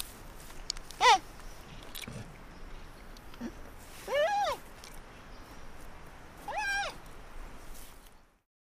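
Panda calls: three separate bleating squeals, spaced a few seconds apart, against a low hiss.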